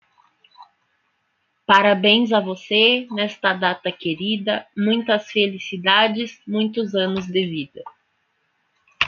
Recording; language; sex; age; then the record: short text; Brazilian Portuguese; female; 30 to 39 years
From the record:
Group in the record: control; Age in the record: 30 years